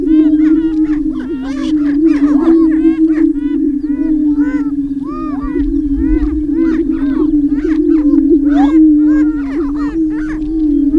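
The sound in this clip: Greater prairie chicken chorus: a continuous low moaning boom under dense, rapid cackling and yelping notes from many birds, with no pauses.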